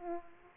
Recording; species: mosquito wingbeat signal from an infrared sensor; Aedes aegypti